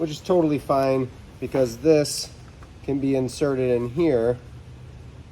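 A man talks while handling the spiral-core end of a boat steering cable at the quick-release steering helm of a 1996 JC Pontoon, preparing to push it in until its barb locks behind the detent. Only speech is heard over a low steady hum, and nothing has clicked or seated yet.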